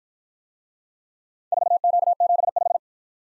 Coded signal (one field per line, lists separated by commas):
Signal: Morse code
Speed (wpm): 53 wpm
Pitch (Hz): 700 Hz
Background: none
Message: 4Q75